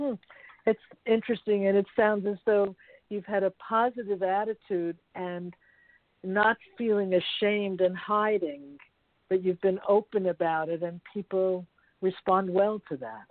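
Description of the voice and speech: One adult speaks in a warm, conversational voice at a moderate pace, with natural pauses and smooth, fluent phrasing. Voice quality is clear and steady, with no repetitions, blocks or slurring; ordinary speech without a speech disorder.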